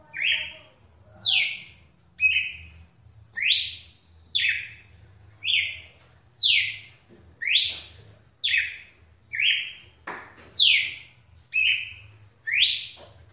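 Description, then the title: Red-cowled cardinal singing a steady series of bright, slurred whistles roughly every second, high falling notes trading with lower level ones; faint low hum beneath. "Galo De Campina"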